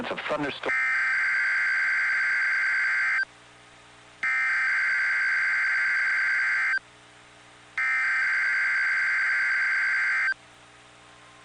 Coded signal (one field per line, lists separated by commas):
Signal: Emergency Alert System (SAME) tones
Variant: header bursts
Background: speech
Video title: Required Weekly Test From May 27 2026 EAS 721-722